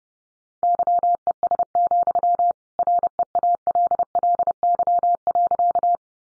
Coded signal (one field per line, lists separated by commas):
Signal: Morse code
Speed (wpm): 30 wpm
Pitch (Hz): 700 Hz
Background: none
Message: YES, REALLY.